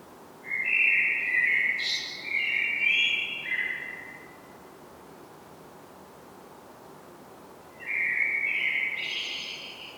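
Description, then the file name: Common blackbird giving mellow whistled song phrases with sharp high squeaky accents, one long phrase, a few seconds' silence, then a second phrase ending in a thin high twitter. "Turdus merula"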